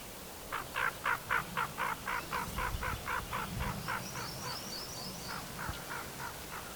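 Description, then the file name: Hooded merganser giving a rapid series of hoarse, croaking notes, about four per second, gradually fading; thin high chirps of another bird briefly. "Hooded Merganser - Lophodytes cucullatus"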